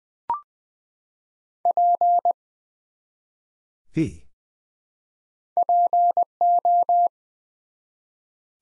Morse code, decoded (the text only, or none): P PO